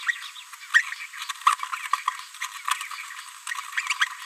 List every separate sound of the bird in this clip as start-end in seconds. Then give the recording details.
1.29-1.32, 1.47-1.54, 1.72-1.75, 2.42-2.45, 3.77-3.80. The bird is a female. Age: 30 days. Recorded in a nest box in Venezuela. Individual 17B73B3